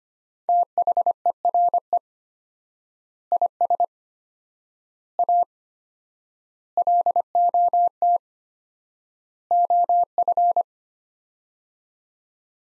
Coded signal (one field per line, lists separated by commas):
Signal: Morse code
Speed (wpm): 25 wpm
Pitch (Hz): 700 Hz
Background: none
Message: THERE IS A LOT OF